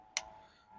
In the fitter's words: maybe there we go and these just snap in place